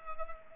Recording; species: mosquito wingbeat signal from an infrared sensor; Culex pipiens